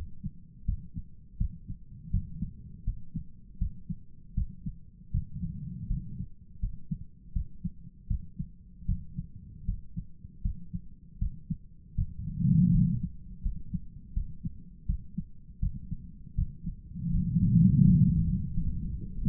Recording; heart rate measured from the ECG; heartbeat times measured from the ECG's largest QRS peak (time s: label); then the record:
heart sounds by stethoscope; 81 bpm
0.65 s: heartbeat
1.37 s: heartbeat
2.10 s: heartbeat
2.84 s: heartbeat
3.58 s: heartbeat
4.34 s: heartbeat
5.11 s: heartbeat
5.87 s: heartbeat
6.60 s: heartbeat
7.33 s: heartbeat
8.07 s: heartbeat
8.85 s: heartbeat
9.65 s: heartbeat
10.42 s: heartbeat
11.19 s: heartbeat
11.95 s: heartbeat
12.71 s: heartbeat
13.42 s: heartbeat
14.13 s: heartbeat
14.86 s: heartbeat
15.59 s: heartbeat
16.35 s: heartbeat
17.11 s: heartbeat
17.84 s: heartbeat
18.53 s: heartbeat
From the record:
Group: healthy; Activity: rest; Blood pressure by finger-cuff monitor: 100/68 mmHg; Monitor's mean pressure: 78 mmHg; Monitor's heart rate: 81 bpm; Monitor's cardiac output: 7.5 L/min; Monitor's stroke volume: 94 mL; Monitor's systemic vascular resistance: 750 dyn s/cm5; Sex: male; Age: 57 years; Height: 188 cm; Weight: 106 kg